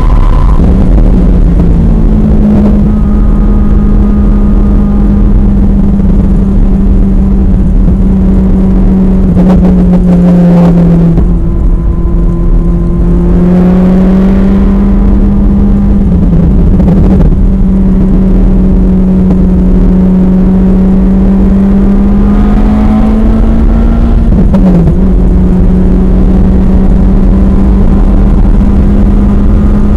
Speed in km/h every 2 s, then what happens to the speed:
116, 111, 106, 105, 93, 93, 109, 108, 101, 105, 116, 126, 130, 138, 145.
0-10 slows to 93. 10-12 speeds up to 109. 12-17 slows to 101. 17-30 speeds up to 145.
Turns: 0-7, 13-20.